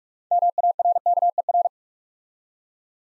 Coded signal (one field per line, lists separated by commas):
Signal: Morse code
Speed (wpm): 44 wpm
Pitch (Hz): 700 Hz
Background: none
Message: MARKER